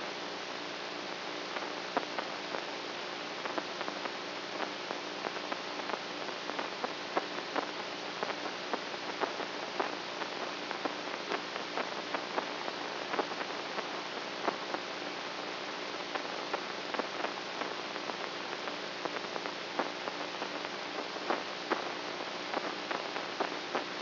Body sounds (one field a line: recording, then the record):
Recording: brain microelectrode recording played as sound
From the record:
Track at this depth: inside the subthalamic nucleus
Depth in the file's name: 3.502 mm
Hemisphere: right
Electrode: 3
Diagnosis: Parkinson's disease